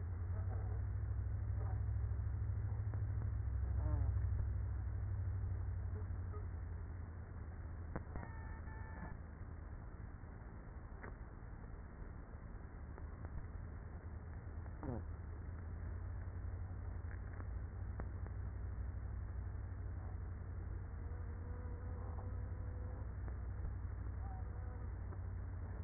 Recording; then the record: honeybee colony, microphone inside the hive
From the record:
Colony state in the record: queenless with a low population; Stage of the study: after two queens were removed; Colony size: about 30,000 bees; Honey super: no